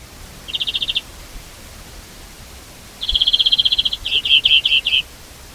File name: Chloris chloris